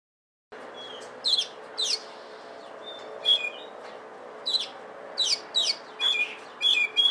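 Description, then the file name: Oriental magpie-robin delivering sparse, sharp whistled phrases and chirps separated by short pauses, growing busier toward the end, with a steady low hum throughout. Indonesian name kacer lutung cebu. "burung kacer lutung cebu. omkicau"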